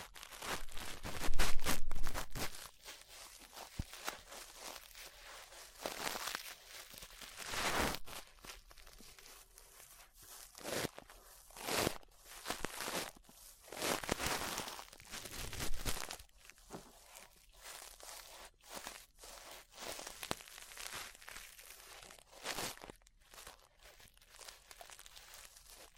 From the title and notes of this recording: ASMR Relaxing 3Dio Ear Brushing (No Talking).